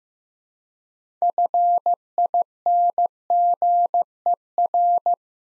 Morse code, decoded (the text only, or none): FINGER